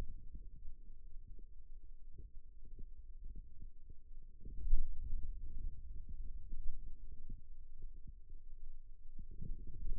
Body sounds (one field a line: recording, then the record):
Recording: forearm muscle sounds (acoustic myography)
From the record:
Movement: radial deviation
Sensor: system 2, bracelet of six BSWA MPA416 microphones around the upper forearm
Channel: 3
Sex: male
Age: 22 years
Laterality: right